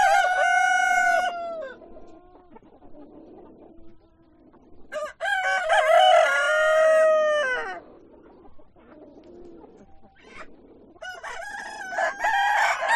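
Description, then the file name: Chicken crowing: three loud rooster crows, one at the start, a long one in the middle and one at the end, with quiet clucking in between. Chickens on a chicken farm. "west wolf Chicken farm"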